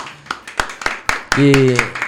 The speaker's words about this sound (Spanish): pero muy bueno, se merece un fuerte aplauso.